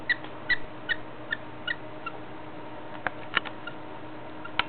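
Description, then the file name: Budgerigar heavy breathing, wheezy clicks and squeaks coming irregularly, a few sharper ones toward the end, steady low hum underneath. "schweres atmen wellensittich"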